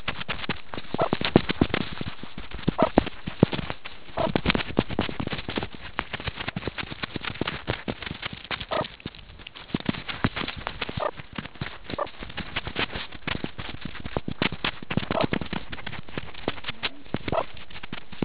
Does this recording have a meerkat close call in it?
yes